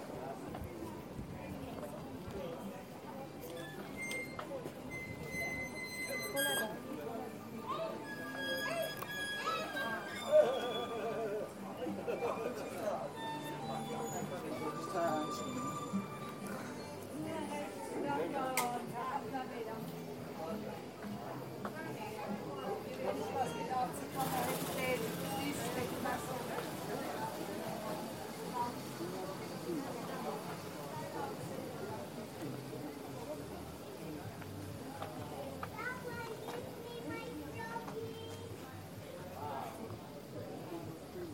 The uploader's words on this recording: Taormina, Sicily, Italy. Enregistrements audio réalisés en milieu urbain.